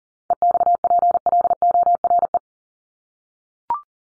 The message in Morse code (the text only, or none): EXPLORE